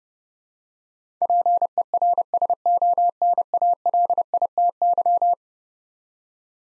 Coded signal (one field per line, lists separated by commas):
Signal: Morse code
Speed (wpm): 30 wpm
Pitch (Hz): 700 Hz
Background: none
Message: PERSONALITY